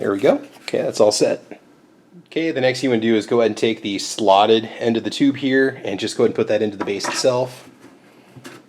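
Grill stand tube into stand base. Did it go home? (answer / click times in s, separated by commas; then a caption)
no / none. Someone talks while handling the slotted end of the metal support tube for a George Foreman Indoor Outdoor Electric Grill stand, getting ready to push it into the plastic grill base, with a brief handling knock near 8.5 s. Nothing has seated or clicked into place yet.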